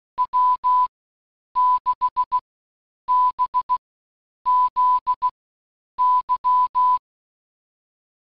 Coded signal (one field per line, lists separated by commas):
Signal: Morse code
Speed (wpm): 16 wpm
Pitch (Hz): 1000 Hz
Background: none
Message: W6BZY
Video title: Best Linux for the Ham Shack - Manjaro Arch